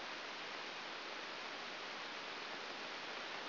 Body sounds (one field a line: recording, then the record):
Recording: brain microelectrode recording played as sound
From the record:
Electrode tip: outside the subthalamic nucleus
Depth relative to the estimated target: -3 mm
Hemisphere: right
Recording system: AlphaMap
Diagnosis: Parkinson's disease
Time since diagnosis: 7 years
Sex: female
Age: 49 years